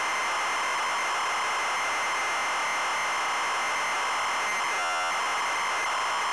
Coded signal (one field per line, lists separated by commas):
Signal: ZX Spectrum tape loading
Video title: Wonder Boy - Zx Spectrum +2 (Full Cassette Tape Loading & Gameplay)